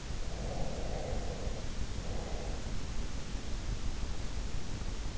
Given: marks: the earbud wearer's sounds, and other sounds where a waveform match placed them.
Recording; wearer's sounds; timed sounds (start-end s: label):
sounds in sleep by an in-ear microphone; breath
0.38-2.72 s: breath